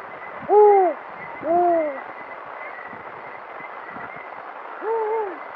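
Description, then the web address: Spotted eagle-owl giving deep, rounded hoots: a pair close together, then a pause of several seconds and a third hoot, over soft constant hiss. "vozes de passaros coruja africana bubo africanus"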